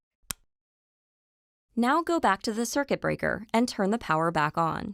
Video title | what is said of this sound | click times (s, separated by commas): How to install Google Nest Thermostat E | hold the display so the nest logo is at the bottom push it onto the base until it clicks | 0.3 s